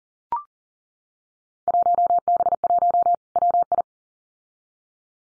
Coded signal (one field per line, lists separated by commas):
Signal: Morse code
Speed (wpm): 40 wpm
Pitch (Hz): 700 Hz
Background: none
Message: 1B1 WI